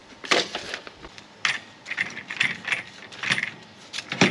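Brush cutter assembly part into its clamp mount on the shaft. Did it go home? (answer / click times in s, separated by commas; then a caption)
no / none. A part of a Wild Badger 52cc brush cutter is handled and fitted toward its cheap screw clamp mount on the shaft during assembly. There are scattered metallic rattles and short, sharp handling knocks, the loudest near 1.5 s and 4.2 s. Nothing has seated or clicked into place yet.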